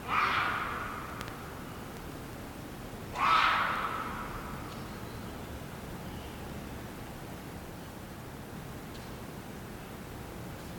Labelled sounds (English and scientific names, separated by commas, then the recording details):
Puma (Puma concolor)
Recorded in captivity
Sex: female
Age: adult
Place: Tierpark Berlin, Berlin, DE
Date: 1993-12-18
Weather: bedeckt, 2°C
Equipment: Marantz CP 430, Sennheiser MKH 416 T, Kopie Uher Variocord 263
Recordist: Tembrock, Günter